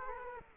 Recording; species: mosquito wingbeat signal from an infrared sensor; Culex quinquefasciatus